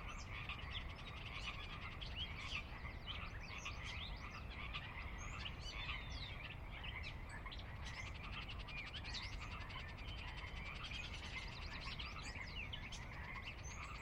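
A dusk chorus in the Sinlahekin Valley: a dense, unbroken mass of frogs trilling and croaking in rapid, ratchet-like pulses for the whole clip. Brighter chirps and short rising calls pop out every second or so over a steady low rumble.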